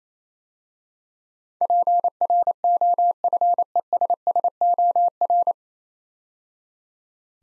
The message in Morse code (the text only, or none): PROFESSOR